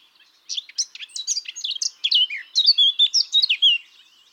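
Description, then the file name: Eurasian blackcap song, a hurried stream of clear whistled and chirping notes that grows louder and fluty toward the end, lasting about three seconds. "Sylvia atricapilla"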